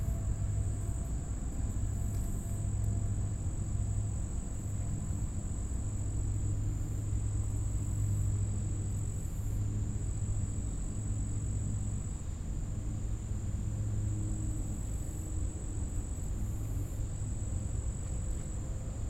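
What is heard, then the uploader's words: Outdoor ambience at a river wildlife refuge, with a continuous high, thin drone of insects running unbroken through the whole recording. Beneath it sits a steady low rumble, like traffic or an engine, holding an even level with no distinct events. Gibraltar Bay Unit: Detroit River International Wildlife Refuge. Marsh and upland refuge on the site of a former Navy seaplane base and former NIKE missile base.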